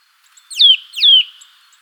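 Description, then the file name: Eurasian nuthatch calls: two clear, whistled notes, each sliding steeply downward, given about half a second apart in otherwise quiet surroundings. "Sitta europaea"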